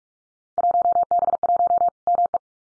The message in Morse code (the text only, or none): 1B1 ME